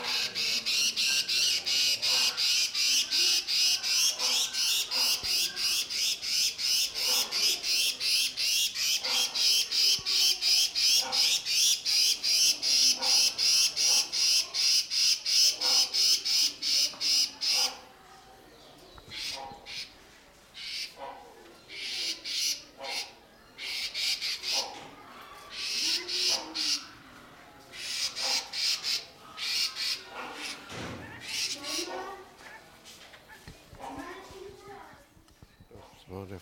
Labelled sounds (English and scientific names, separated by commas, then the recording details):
Steere's Liocichla (Liocichla steerii) call
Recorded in captivity
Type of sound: call sequence
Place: Zoo Berlin, Berlin, DE
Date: 1992-06-06 12:27
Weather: sonnig, 24-28° C
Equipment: Nagra SN, Mikrofon AKG CK 8, Kopie Tesla B 116
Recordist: Tembrock, Günter
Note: Diverse Lautfolgen